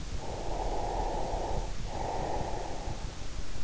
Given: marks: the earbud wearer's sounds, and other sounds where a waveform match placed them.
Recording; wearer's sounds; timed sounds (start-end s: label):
sounds in sleep by an in-ear microphone; breath
0.11-3.23 s: breath